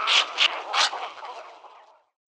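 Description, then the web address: Cattle egret harsh call: three short, raspy bursts in quick succession, then a fading croaky trail. "Schulze Peter Cattle Egret"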